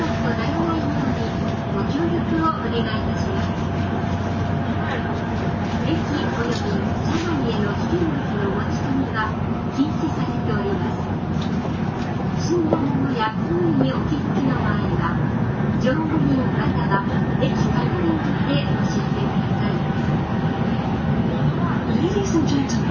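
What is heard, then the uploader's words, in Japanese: A JR 700 series train running between Kyoto and Shin-Yokohama, with a dense, steady low rumble that holds level throughout. A faint thin whine sits above it, and murmuring voices come and go over the running noise. JRN700系 京都〜新横浜。ひかり530号に乗車し、録音しました。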